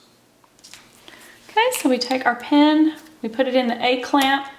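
A magenta plastic marker pen is handled as it is brought to the A accessory clamp of a Cricut Explore 3 cutting machine, with a few faint taps in the first second before someone talks. Nothing has seated or clicked into the clamp yet.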